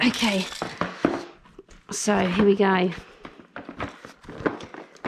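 Someone talks while handling the assembled fabric seat ring of a MyChild Roundabout 4 in 1 Activity Walker over the plastic walker body, getting ready to press it down into place. Short knocks and crinkling handling sounds are heard. Nothing has seated or clicked yet.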